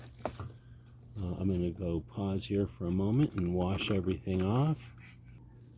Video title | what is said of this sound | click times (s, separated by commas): Best Nacho Accessory Ever | and click the lock and now it's locked into place | 0.3 s